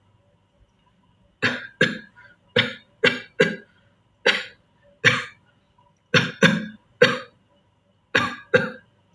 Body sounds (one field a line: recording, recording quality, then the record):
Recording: shallow voluntary cough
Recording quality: excellent, no background noise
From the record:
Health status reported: healthy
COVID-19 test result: negative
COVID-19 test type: RT-PCR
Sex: male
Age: 22 years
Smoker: no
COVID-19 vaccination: one dose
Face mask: not worn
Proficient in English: yes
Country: India